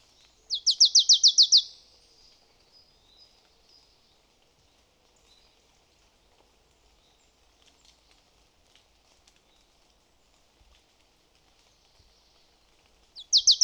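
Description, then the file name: Marsh tit: a quick run of high, sharp, downslurred notes, then a long near-silent pause before another burst begins at the end. "Poecile palustris"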